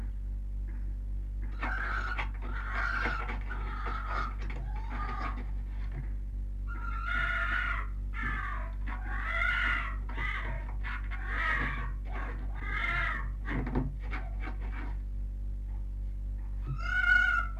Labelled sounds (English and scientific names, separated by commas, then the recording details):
Red Fox (Vulpes vulpes)
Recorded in captivity
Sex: male
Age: juvenile
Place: Zoologisches Institut der HUB, Berlin, DE
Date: 1958-06-14
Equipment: Smaragd
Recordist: Tembrock, Günter
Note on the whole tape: Welpenrüde "Jean" einzeln gehalten. Beobachter "mufft" ohne hineinzugehen, Welpe winselt hinter der Tür, scharrt, Winseln bis Kreischen, dann auch Bellstrophe und Bellrhythmus